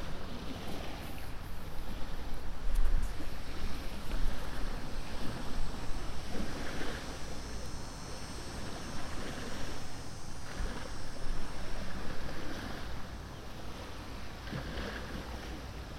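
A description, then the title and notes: Outdoor ambience near a lighthouse on the coast, with a steady low rumble like a boat motor or wind and a constant wash of water underneath. Brief brighter bursts rise every few seconds, like splashes or gusts, before settling back. A binaural field recording, sitting near a light house in Florida.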